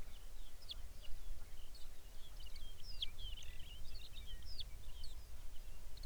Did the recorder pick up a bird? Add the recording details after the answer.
yes. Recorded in the Arctic National Wildlife Refuge, Alaska, on 23 May 2019 at 05:01. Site 49